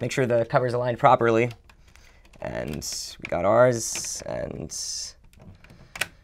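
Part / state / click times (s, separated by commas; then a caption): plastic antenna cover onto alarm panel housing / seated / 6.0 s. A plastic cover over the main antenna is aligned and pressed down onto the housing of a 2GIG GC2 alarm panel being upgraded to LTE while someone talks. A few soft taps come near 5.3–5.6 s, then sharp snaps at 6.0 s and 6.0 s as the cover snaps into place and is secured.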